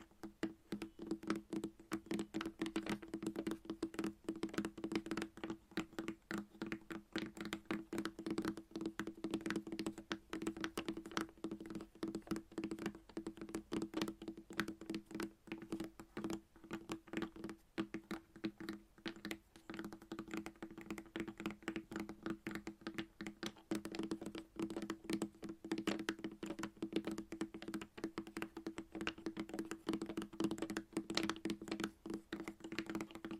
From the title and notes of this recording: ASMR Playing With Chalk Asmr Tapping and Scratching No Talking.